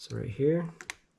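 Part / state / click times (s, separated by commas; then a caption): HID kit wiring plug into mating plug / not seated / none. Someone talks while handling the male and female plastic plugs of an HID conversion kit's wiring, lining one up to push into its mating plug during a headlight install on a 2006–2013 Lexus IS250/IS350. A few short, sharp handling taps are heard near 0.8 s and 0.9 s, and a brief sharp sound right at the end. The locking clip has not snapped in yet, and nothing has seated.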